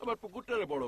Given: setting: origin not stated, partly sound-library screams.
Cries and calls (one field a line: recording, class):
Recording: one-second piece from a danger detection set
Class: normal situation